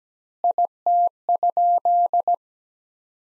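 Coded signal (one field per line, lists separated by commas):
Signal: Morse code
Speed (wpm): 17 wpm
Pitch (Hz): 700 Hz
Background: none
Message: IT?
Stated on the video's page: Morse practice sentences from the top 100 words at 17 wpm with 4x standard word spacing, a Farnsworth-like word-spacing drill.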